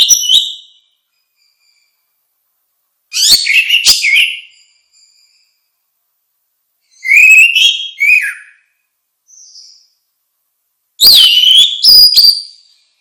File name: suara kicau burung anis merah